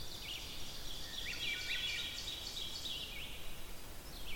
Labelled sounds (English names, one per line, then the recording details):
Ovenbird song
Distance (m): 95 m
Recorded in boreal forest in Alberta, Canada, on 14 June 2016 at 06:17
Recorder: SongMeter 3, array SBT-3-33
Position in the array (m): 283 m, 288 m
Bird 22